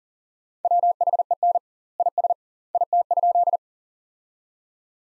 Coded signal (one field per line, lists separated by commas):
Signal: Morse code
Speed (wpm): 37 wpm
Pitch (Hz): 700 Hz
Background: none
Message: WHEN IS IT?